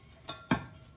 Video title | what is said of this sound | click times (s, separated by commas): How to Change ATV tires Manually the Easy Way!! | till it snaps in there | 0.3 s, 0.5 s